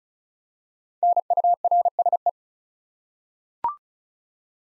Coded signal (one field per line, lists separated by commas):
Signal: Morse code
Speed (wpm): 36 wpm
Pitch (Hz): 700 Hz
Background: none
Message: NURSE